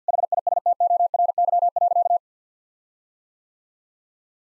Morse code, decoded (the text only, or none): HISTORY.